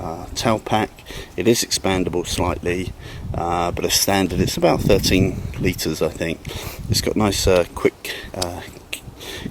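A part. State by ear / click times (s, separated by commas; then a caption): seated / 8.9 s. A man talks while fitting a slightly expandable, roughly 13-liter luggage bag onto a BMW R1250 GSA motorcycle's tank, using its plastic quick-release connectors. A sharp click at 8.9 s marks a connector snapping in, and the connector is seated.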